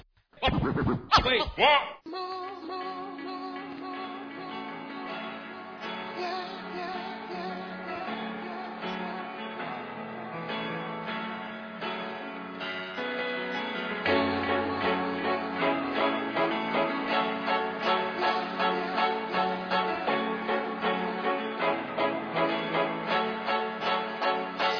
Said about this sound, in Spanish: continuar igual con la entrevista, pero antes de eso, relajémonos con una música.